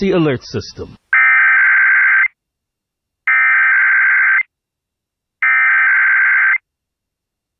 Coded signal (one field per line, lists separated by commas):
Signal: Emergency Alert System (SAME) tones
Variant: header bursts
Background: speech